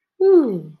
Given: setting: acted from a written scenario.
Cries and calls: vocal sound without words; desire

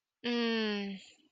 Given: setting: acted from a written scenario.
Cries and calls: vocal sound without words; ecstasy

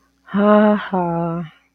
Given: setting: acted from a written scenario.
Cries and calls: vocal sound without words; neutral

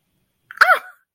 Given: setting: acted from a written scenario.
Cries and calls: vocal sound without words; anger

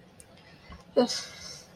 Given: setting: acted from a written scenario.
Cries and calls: vocal sound without words; guilt

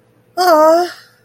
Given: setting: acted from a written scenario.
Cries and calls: vocal sound without words; distress

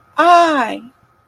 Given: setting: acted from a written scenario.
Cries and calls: vocal sound without words; realization

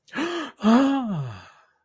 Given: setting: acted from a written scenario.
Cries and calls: vocal sound without words; positive surprise

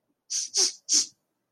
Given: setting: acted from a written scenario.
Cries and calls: vocal sound without words; sympathy

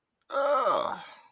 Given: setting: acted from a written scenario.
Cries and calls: vocal sound without words; distress

